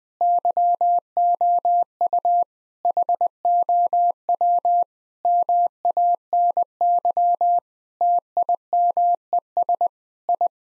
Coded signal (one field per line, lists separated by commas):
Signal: Morse code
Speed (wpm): 20 wpm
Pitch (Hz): 700 Hz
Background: none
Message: YOU HOW MANY TIMES I